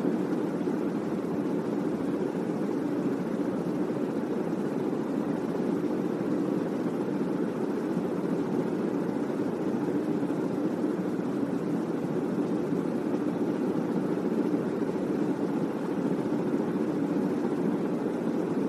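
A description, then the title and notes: A ceiling fan turning at low speed gives off a constant, even whoosh of moving air. The sound sits mostly in the low and middle range with a soft hiss above, holding at a steady level for the whole stretch with no distinct events. Low Speed Relaxing Ceiling Fan Sound. Constant ceiling fan sound.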